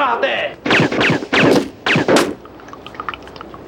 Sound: sounds of gunshots